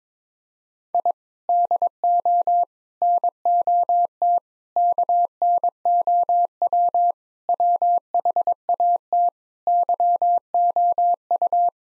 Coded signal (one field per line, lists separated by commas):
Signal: Morse code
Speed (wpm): 22 wpm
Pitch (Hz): 700 Hz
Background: none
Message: I DO NOT KNOW WHAT YOU